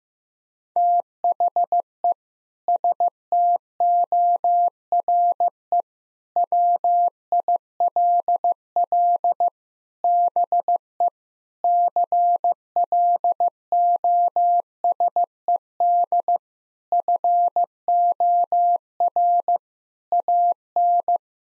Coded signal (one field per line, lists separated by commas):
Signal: Morse code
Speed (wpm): 15 wpm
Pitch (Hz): 700 Hz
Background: none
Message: THE STORE WILL BE CLOSED FOR AN